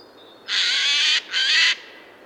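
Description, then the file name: Eurasian jay uttering two long, loud, harsh screeches in quick succession, the first longer, over a quiet background. "Garrulus glandarius"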